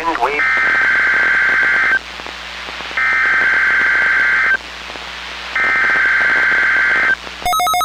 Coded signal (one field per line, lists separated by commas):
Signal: Emergency Alert System (SAME) tones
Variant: header bursts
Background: speech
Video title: Great Shakeout Drill 2022, EAS Alerts From 10/19/2022 and 10/20/2022 (EAS #1421 - 1429)